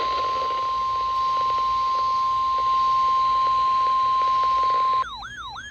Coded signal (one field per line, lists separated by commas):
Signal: Emergency Alert System (SAME) tones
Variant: 1050 Hz attention tone